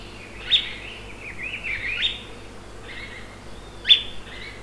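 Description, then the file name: Bird calling: sharp rising chirps separated by wavering lower notes. "SABIOD 50 bird 2015"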